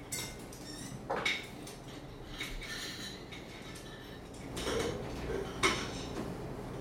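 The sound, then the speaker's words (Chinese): Glass being smashed, with several sharp, bright crashes spaced a second or so apart and a steady clatter of shards and tinkling fragments between them. No voices. “碎玻璃，玻璃把它砸碎。”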